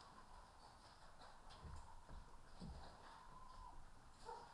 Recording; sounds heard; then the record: poultry house recording; healthy chickens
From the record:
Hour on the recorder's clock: 14